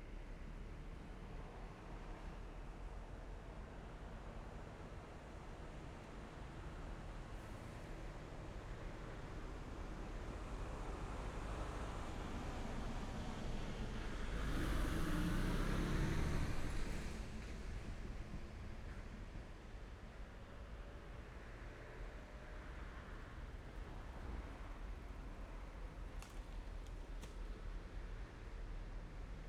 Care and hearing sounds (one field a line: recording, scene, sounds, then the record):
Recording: everyday scene through a hearing-aid microphone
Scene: in traffic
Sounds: traffic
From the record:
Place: main road on the outskirts, rush hour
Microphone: behind the ear, left, front